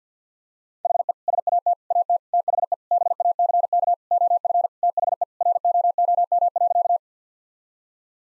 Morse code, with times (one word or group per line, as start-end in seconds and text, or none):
0.9-1.1 HE
1.3-1.7 SAT
1.9-2.2 AT
2.3-2.7 THE
2.9-3.9 BACK
4.1-4.7 OF
4.8-5.2 THE
5.4-7.0 ROOM.